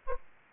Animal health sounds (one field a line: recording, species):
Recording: mosquito wingbeat signal from an infrared sensor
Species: Anopheles arabiensis